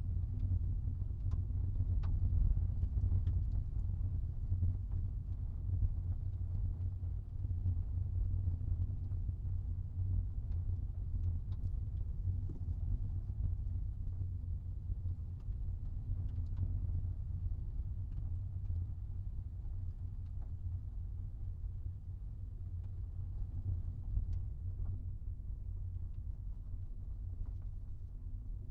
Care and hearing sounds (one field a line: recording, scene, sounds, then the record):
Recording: everyday scene through a hearing-aid microphone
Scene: in a vehicle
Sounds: engine, rumble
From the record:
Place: Skoda Fabia, gasoline engine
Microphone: in the ear canal, right